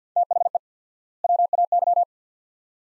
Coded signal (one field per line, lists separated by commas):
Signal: Morse code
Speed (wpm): 50 wpm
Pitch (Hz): 700 Hz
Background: none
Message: THE WAY